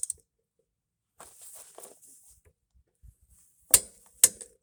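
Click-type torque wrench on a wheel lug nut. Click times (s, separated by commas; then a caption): 3.7 s, 4.2 s. A click-type torque wrench tightens a wheel lug nut, with a faint tick at the start and soft rustling and scraping in the middle. Two sharp, loud metallic clicks ring out at 3.7 s and 4.2 s as the wrench reaches its set torque.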